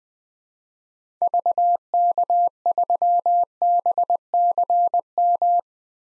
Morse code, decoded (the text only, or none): VK3BCM